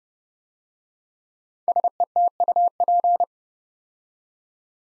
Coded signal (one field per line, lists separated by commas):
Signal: Morse code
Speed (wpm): 30 wpm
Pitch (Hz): 700 Hz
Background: none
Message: SETUP